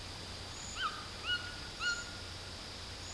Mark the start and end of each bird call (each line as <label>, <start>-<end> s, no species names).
bird call, 0.72-2.18 s